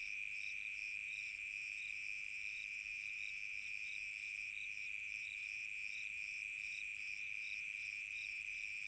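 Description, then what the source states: Crickets calling together, a sustained shrill trill beneath regular pulsed chirps that repeat quickly and evenly. Recorded on a summer night.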